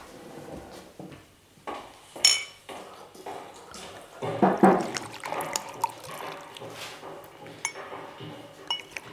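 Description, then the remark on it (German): Glasses clink sharply a few times while whisky is poured with a soft gurgling splash, amid light clattering of glassware and a faint murmur of voices. “So, Kinder, hier ist Whisky. Bedient euch.”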